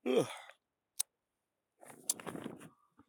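yawn

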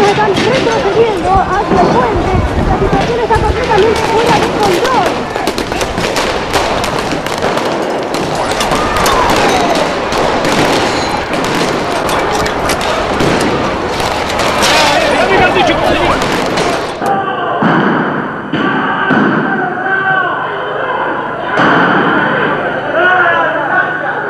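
gunshots

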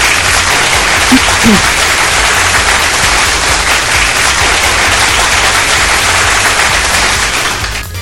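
applause

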